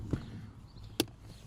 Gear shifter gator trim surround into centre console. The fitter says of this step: Hear the click.